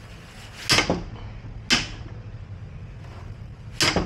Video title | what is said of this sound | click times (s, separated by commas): HARGA SEGINI, masa iya masih komplain?? -- Cordless Brushless Impact Wrench Dongcheng DCPB298 Z | Oke, sudah klik ya, 500 Nm. | 3.8 s